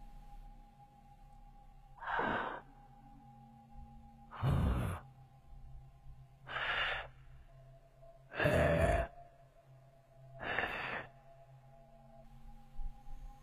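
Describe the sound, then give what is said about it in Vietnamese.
Five slow, raspy wheezing breaths from three people at a steady pace, each a harsh, airy swell lasting about a second, over a low steady hum that gives an eerie, unsettling feel. “Đột nhiên, ông nghe thấy âm thanh của ba người kia phát ra kỳ dị. Tiếng cứ khò khè khò khè.”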